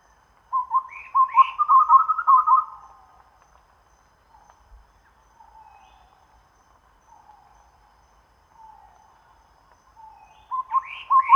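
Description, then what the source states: Chestnut-rumped babbler: a bubbling trilled phrase with upslurred notes, a few soft low whistles in a long quiet stretch, then the trill starts again. Recorded at Danum on 1 April 2006.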